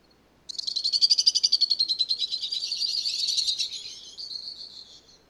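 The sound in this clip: Bird song: a single high, fast trill of rapidly pulsed notes lasting about four and a half seconds, loud at first, then slowly fading.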